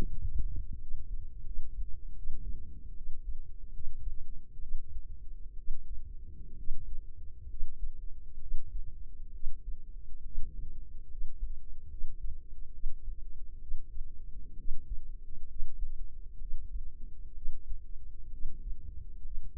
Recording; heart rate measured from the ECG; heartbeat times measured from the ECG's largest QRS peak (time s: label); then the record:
heart sounds by microphone in the left ear; 69 bpm
0.09 s: heartbeat
0.77 s: heartbeat
1.42 s: heartbeat
2.13 s: heartbeat
2.93 s: heartbeat
3.70 s: heartbeat
4.58 s: heartbeat
5.54 s: heartbeat
6.54 s: heartbeat
7.46 s: heartbeat
8.38 s: heartbeat
9.30 s: heartbeat
10.21 s: heartbeat
11.06 s: heartbeat
11.87 s: heartbeat
12.70 s: heartbeat
13.57 s: heartbeat
14.55 s: heartbeat
15.45 s: heartbeat
16.37 s: heartbeat
17.32 s: heartbeat
18.29 s: heartbeat
19.20 s: heartbeat
From the record:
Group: healthy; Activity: rest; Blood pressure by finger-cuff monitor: 104/64 mmHg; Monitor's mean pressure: 75 mmHg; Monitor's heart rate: 67 bpm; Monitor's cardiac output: 5.7 L/min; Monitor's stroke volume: 82 mL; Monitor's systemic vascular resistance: 970 dyn s/cm5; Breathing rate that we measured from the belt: 15 breaths a minute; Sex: female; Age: 23 years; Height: 160 cm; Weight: 50.4 kg